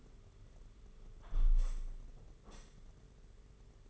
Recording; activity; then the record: daily activity, microphone in the room; close window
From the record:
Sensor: 4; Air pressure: 992.1 hPa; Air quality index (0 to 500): 97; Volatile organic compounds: 11 ppm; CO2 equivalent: 2280 ppm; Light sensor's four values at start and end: 22/77/28/30 and 22/77/28/30